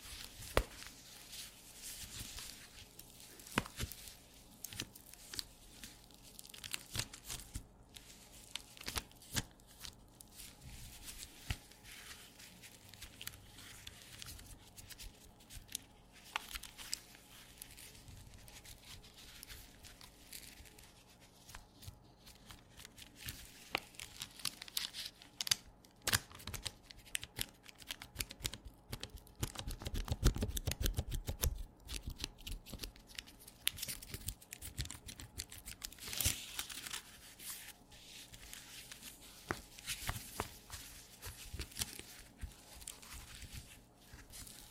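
Squeaky leather creaks and rubs in a constant run of short, bright crackles and squeaks, dense and irregular across the whole stretch. A low steady hum sits underneath, and louder bursts of rubbing come around 25 seconds, 30 seconds and 36 seconds.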